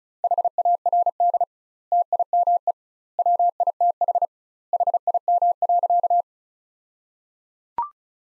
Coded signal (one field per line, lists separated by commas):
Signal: Morse code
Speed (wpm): 34 wpm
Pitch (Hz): 700 Hz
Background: none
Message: HARD TIME WITH HIM.